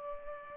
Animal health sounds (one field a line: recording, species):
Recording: mosquito wingbeat signal from an infrared sensor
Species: Culex pipiens